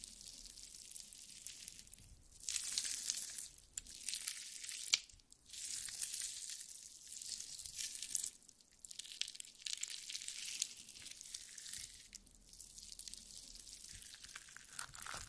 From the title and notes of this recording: ASMR Stress Relieving Jelly Sounds For Sleep.